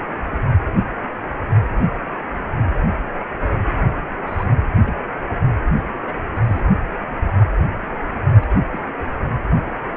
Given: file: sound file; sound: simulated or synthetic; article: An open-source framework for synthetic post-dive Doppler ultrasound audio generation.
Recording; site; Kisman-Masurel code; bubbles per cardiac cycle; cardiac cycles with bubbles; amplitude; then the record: Doppler ultrasound audio after a dive; precordial; 121; 1–2; 10–50%; barely perceptible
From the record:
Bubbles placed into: partial cardiac cycles